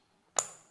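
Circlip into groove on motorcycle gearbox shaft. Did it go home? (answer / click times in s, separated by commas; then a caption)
yes / 0.4 s. A metal circlip is expanded with pliers, slid to its groove on the gearbox shaft of a TVS Victor (3 valve) motorcycle, and pushed in. After a near-silent start, a sharp metallic click snaps at 0.4 s, followed by a bright ringing tone that fades over the next few tenths of a second. The circlip has seated and locked properly in its groove.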